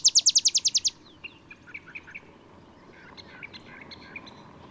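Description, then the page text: Olive sparrow song: the end of a fast trill of bright, downslurred notes, followed by soft chattering notes. Singing in early morning in Texas, 50 miles north of the Mexican border; simple songs likened to a field sparrow's bouncing-ball song. "Olive sparrow. Recording early morning just 50 miles north of the Mexican border in Texas"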